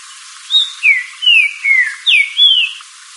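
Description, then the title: Green-winged saltator song: a phrase of six loud whistled notes, each sliding downward, delivered in quick even succession over about two and a half seconds. "Trinca Ferro Cantando"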